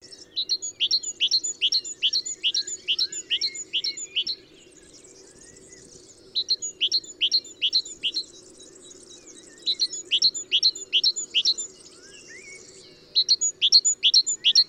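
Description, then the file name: Great tit song: bright two-note phrases repeated quickly in bursts of several, separated by short pauses, over a steady low hum. "Parus major"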